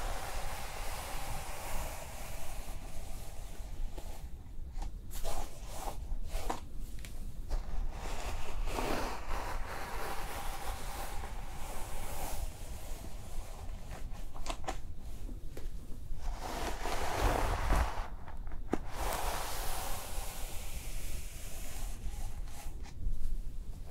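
Hair is brushed and styled over a steady, rushing hiss of steam and a low rumble. Quick brush strokes come in a run between about four and eight seconds, and brighter bursts of hissing swell near nine seconds and again from sixteen to nineteen seconds.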